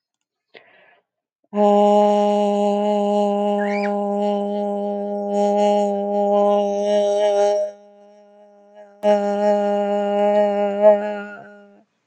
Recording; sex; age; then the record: vowel held as long as possible; female; 30 to 39 years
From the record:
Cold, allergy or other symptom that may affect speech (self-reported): no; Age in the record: 38 years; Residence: Massachusetts, United States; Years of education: 14